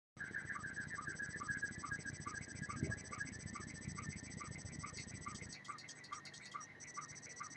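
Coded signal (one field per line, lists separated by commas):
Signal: SSTV (slow-scan television)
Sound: warbling, chirping tones between about 1.2 and 2 kHz, with rapid repeated low blips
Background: radio static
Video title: Video audio RX 14.230.00 SSTV USB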